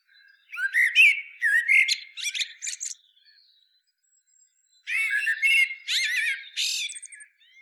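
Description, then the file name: Common blackbird song in two bursts: fluty warbled notes running into thin, high, chattering twitters, separated by about two seconds of silence. "Turdus merula"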